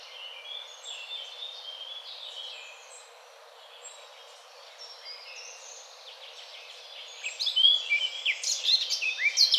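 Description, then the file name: Eurasian blackcap song: several seconds of faint, quiet warbling, then a loud burst of varied warbled notes near the end. "Sylvia atricapilla"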